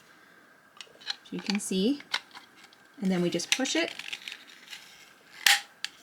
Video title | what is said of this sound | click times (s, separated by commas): Why Every Colorado Driver Needs This Snow Brush in 2024! JOYTUTUS 47” Car Snow Brush | and nice click it's all installed | 5.5 s, 5.8 s